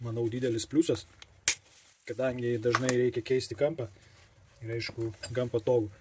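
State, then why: Seated. Someone talks while pressing the release on the adjustable guard of a Bosch angle grinder and turning the guard to a new angle. A single sharp click at 1.5 s marks the guard locking in place, which it does quite quickly at any angle, and the talking continues afterward.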